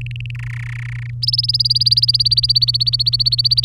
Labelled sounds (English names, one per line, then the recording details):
Domestic Canary song
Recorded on 23 April 2018 at 15:59
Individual llb3